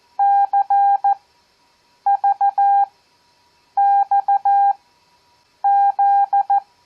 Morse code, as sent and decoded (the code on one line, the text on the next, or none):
-.-. ...- -..- --..
CVXZ